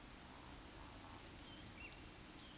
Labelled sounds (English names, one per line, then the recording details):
Eurasian Woodcock whistle
Eurasian Woodcock croak
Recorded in Baden-Württemberg, Germany, on 16 June 2021 at 19:57 UTC
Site 20675, 466 m above sea level